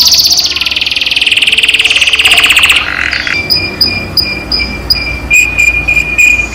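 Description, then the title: Canary song opening with a fast, buzzy rolling trill for nearly three seconds, then shifting to sparser high whistled notes and short repeated tones. Caged canary; training therapy to raise a cage bird's singing volume. "terapi kenari AMPUH untuk TINGKATKAN VOLUME"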